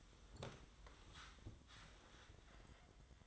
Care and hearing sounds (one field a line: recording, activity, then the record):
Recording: daily activity, microphone in the room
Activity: sit down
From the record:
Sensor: 3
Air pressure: 1005.0 hPa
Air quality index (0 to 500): 88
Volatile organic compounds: 3 ppm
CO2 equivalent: 1358 ppm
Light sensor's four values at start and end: 9/21/8/8 and 9/21/9/8